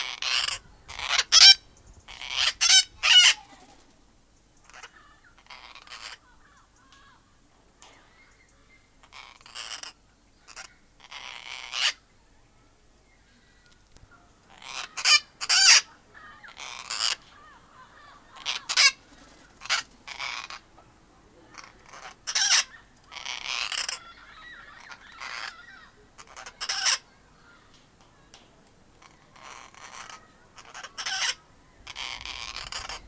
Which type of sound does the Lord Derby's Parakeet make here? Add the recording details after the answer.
call. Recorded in captivity. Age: adult. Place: Tiergarten Wilhelma/Stuttgart, Baden-Württemberg, DE. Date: 2000-09-24 17:45. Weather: bedeckt, 15°C. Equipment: Nagra SN, Kopie Uher 4000 Report Monitor. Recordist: Tembrock, Günter